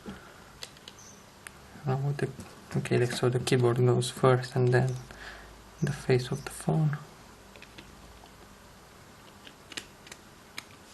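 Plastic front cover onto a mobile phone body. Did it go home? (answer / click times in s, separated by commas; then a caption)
yes / 10.6 s. A Yezz C60 mobile phone is being reassembled after a repair that involved soldering the battery connector and fitting a new battery. Someone talks while the keypad section is fitted nose first. The plastic front cover is then pressed onto the phone body, with small plastic clicks and taps, and it snaps into place at 10.6 seconds.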